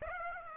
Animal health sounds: mosquito wingbeat signal from an infrared sensor; Aedes aegypti

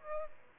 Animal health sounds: mosquito wingbeat signal from an infrared sensor; Aedes albopictus

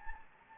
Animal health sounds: mosquito wingbeat signal from an infrared sensor; Anopheles gambiae

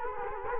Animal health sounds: mosquito wingbeat signal from an infrared sensor; Culex quinquefasciatus

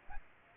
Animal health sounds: mosquito wingbeat signal from an infrared sensor; Aedes aegypti

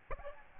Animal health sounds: mosquito wingbeat signal from an infrared sensor; Aedes albopictus

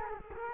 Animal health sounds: mosquito wingbeat signal from an infrared sensor; Culex quinquefasciatus

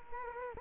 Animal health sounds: mosquito wingbeat signal from an infrared sensor; Culex quinquefasciatus

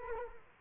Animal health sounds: mosquito wingbeat signal from an infrared sensor; Culex quinquefasciatus

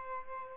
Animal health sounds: mosquito wingbeat signal from an infrared sensor; Aedes albopictus

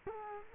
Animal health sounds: mosquito wingbeat signal from an infrared sensor; Culex quinquefasciatus

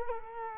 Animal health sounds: mosquito wingbeat signal from an infrared sensor; Culex quinquefasciatus

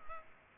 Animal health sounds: mosquito wingbeat signal from an infrared sensor; Culex pipiens

